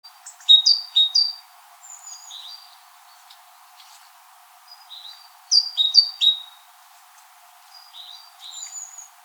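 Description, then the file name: Great tit calls: loud bursts of sharp, high, down-slurred notes in quick pairs, repeated about every five seconds, with softer high notes between. "Parus major"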